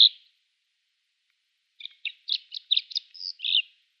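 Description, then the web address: Kordofan lark singing: one brief high note, a pause, then a quick run of about eight chirpy, slightly buzzy notes, in otherwise quiet surroundings. "Schulze Peter Kordofan Lark song"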